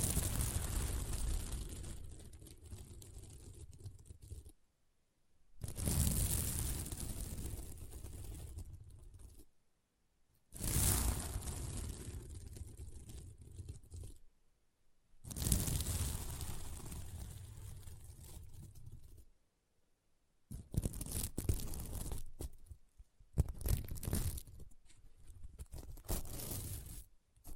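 Hands scratch and brush across a sequin mermaid pillow in long rasping strokes, each lasting a few seconds, separated by short silences. The scratching is dense and gritty, bright with a low rumble underneath. Near the end the strokes become shorter and choppier.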